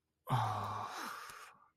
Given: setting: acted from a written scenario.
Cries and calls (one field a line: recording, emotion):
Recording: vocal sound without words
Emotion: guilt